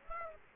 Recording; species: mosquito wingbeat signal from an infrared sensor; Aedes aegypti